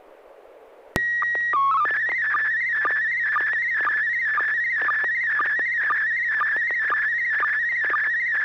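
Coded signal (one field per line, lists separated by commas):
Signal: SSTV (slow-scan television)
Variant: PD 120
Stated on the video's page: SSTV images on a weekly net via a 441.300 MHz FM repeater, sent with MMSSTV software.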